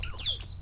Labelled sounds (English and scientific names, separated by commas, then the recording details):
Stitchbird (Notiomystis cincta) song
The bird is a male
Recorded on Tiritiri Matangi Island, New Zealand, in 2005
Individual 17, of nest box 25